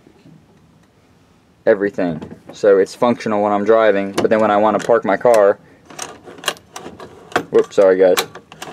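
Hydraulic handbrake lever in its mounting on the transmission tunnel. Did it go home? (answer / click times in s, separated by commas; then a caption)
no / none. Someone talks while raising an aftermarket hydraulic handbrake lever, mounted on a car's transmission tunnel, toward its latched parked position. A series of short knocks and clatters follows the speech. The clip ends before the lever locks, so nothing has seated or clicked yet.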